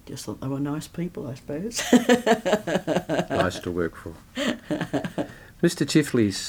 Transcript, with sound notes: Just that they were nice people I suppose [laughs]
Nice to work for. Mr Chifley’s